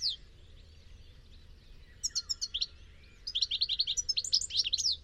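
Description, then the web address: Bird chirps: very high, sharp notes in quick repeated bursts, building into a rapid chattering series, with a low steady hum beneath. "Deverinetal. Bird Only"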